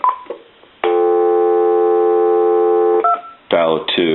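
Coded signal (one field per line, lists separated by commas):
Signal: telephone call progress tone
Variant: North America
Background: speech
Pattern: dial tone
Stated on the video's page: Heard on a General Electric 25881EC A telephone during initial checkout and repair.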